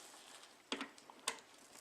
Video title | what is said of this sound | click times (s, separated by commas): Computer Build Or Upgrade | press down you hear that click turn it a little bit | 0.7 s, 1.3 s